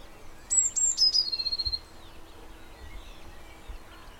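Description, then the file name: Eurasian blue tit giving one high phrase: three thin whistled notes sliding down into a quick even trill, followed by quiet background. "Cyanistes caeruleus"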